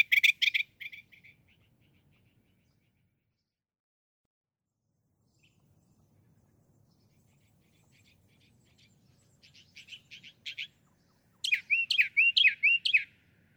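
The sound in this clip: Northern mockingbird song: scattered bursts of harsh notes separated by a long quiet gap, then a fast series of looping whistled notes at the end.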